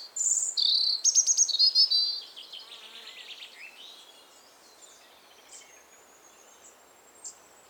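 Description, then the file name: European robin song: a bright, high whistled phrase opening with loud thin notes and rapid trills, then fading into soft, scratchy twitters and a few faint high tones. "Erithacus rubecula"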